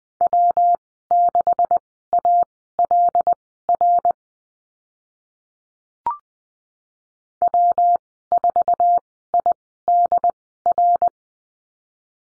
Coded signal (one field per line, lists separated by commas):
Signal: Morse code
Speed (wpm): 19 wpm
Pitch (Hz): 700 Hz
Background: none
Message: W6ALR W4IDR